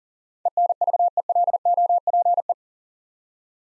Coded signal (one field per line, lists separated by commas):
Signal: Morse code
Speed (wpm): 38 wpm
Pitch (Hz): 700 Hz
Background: none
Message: ENVELOPE